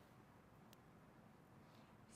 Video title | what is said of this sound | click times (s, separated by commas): MADE Shopping - TV and Digital Streaming featuring Charles & Colvard | snap it into place boom oo so I like that it's not too big this is very | 0.7 s